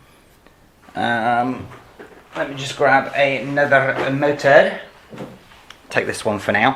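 Someone talks while picking up a spare electric motor to place it into the metal adjustable motor mount of a WLtoys 144001 / 124018 / 124016 / 124019 / 124017 RC car, with a faint tick near 0.5 s. The motor is handled toward the mount, but nothing has seated or clicked yet.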